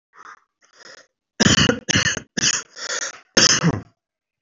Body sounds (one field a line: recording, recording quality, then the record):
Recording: heavy voluntary cough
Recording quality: excellent, no background noise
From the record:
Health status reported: exposed to COVID-19, no respiratory illness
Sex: male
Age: 22 years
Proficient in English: yes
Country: India